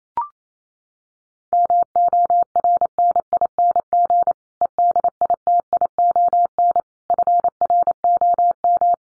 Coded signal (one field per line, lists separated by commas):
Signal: Morse code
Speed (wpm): 28 wpm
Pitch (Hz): 700 Hz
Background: none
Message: MORNING EDITION FROM